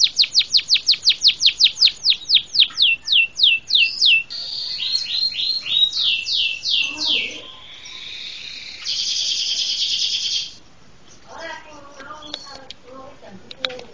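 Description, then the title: Bird song opening with a rapid series of sharp high notes, followed by varied slurred whistles, a harsh buzzy burst, and fainter scattered chirps. "LuckyKumpulan SuaraBurung"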